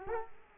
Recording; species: mosquito wingbeat signal from an infrared sensor; Culex quinquefasciatus